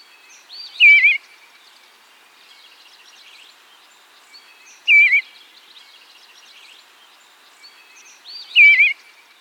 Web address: Eastern Bluebird